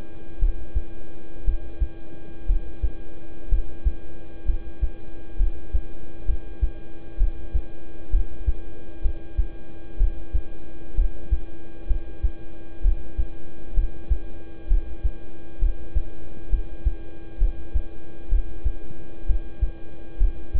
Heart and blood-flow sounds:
heart sounds by stethoscope; between the tricuspid and mitral areas; 64 bpm
0.39 s: heartbeat
1.44 s: heartbeat
2.46 s: heartbeat
3.49 s: heartbeat
4.45 s: heartbeat
5.37 s: heartbeat
6.25 s: heartbeat
7.17 s: heartbeat
8.10 s: heartbeat
9.02 s: heartbeat
9.97 s: heartbeat
10.95 s: heartbeat
11.87 s: heartbeat
12.81 s: heartbeat
13.74 s: heartbeat
14.67 s: heartbeat
15.59 s: heartbeat
16.49 s: heartbeat
17.38 s: heartbeat
18.29 s: heartbeat
19.26 s: heartbeat
20.18 s: heartbeat
From the record:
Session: rest, lying down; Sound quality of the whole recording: good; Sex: male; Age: 26 years

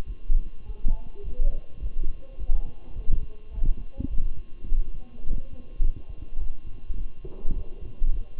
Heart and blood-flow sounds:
heart sounds by stethoscope; between the tricuspid and mitral areas; 104 bpm
0.05 s: heartbeat
0.64 s: heartbeat
1.22 s: heartbeat
1.80 s: heartbeat
2.37 s: heartbeat
2.94 s: heartbeat
3.52 s: heartbeat
4.09 s: heartbeat
4.66 s: heartbeat
5.24 s: heartbeat
5.81 s: heartbeat
6.38 s: heartbeat
6.96 s: heartbeat
7.53 s: heartbeat
8.10 s: heartbeat
From the record:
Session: walking at 3.7 km/h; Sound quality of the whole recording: good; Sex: male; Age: 23 years

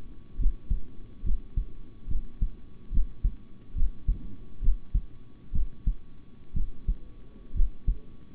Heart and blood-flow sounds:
heart sounds by stethoscope; between the tricuspid and mitral areas; 67 bpm
0.37 s: heartbeat
1.23 s: heartbeat
2.07 s: heartbeat
2.91 s: heartbeat
3.74 s: heartbeat
4.61 s: heartbeat
5.52 s: heartbeat
6.53 s: heartbeat
7.54 s: heartbeat
From the record:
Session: rest, sitting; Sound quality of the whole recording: good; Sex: male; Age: 26 years

